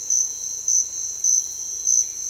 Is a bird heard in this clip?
no